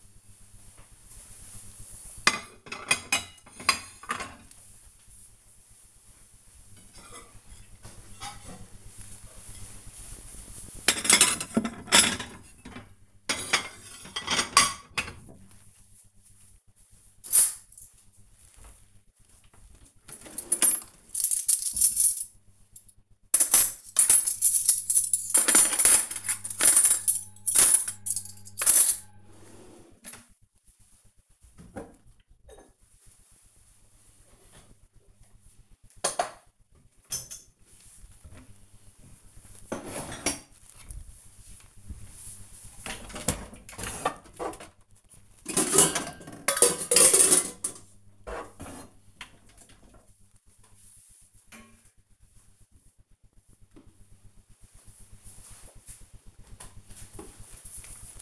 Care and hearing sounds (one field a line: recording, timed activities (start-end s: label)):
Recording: household activities, microphone on the right wrist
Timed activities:
0.00-50.33 s: putting away the dishes
56.35-58.22 s: cream hands